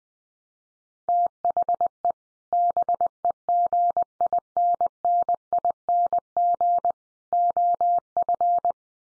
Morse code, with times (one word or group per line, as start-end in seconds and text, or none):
1.1-2.1 THE
2.5-6.9 BEGINNING
7.3-8.7 OF